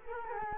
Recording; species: mosquito wingbeat signal from an infrared sensor; Culex quinquefasciatus